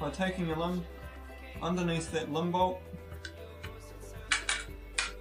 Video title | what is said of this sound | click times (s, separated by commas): Recurve Bow - Video 2 - Assembling and Shooting the Recurve Bow | pushing it forward until it snaps. | 5.0 s